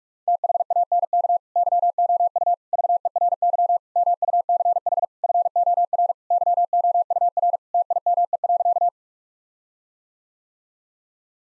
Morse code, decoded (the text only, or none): THANK YOU VERY MUCH FOR YOUR TIME.